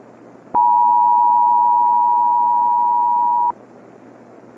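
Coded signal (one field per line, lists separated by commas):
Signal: Emergency Alert System (SAME) tones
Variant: 853 and 960 Hz attention tone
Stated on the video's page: Fictional EAS scenario, Pokemon-themed.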